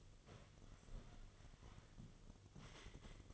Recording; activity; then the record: daily activity, microphone in the room; sit down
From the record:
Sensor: 4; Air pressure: 1005.9 hPa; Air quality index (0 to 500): 97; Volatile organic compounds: 2 ppm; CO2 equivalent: 1211 ppm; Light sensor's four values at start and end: 13/29/11/10 and 13/29/11/11